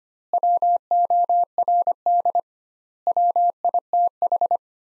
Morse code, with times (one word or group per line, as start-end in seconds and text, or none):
0.3-2.4 WORD
3.1-4.6 WITH